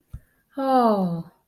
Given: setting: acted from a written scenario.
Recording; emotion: vocal sound without words; elation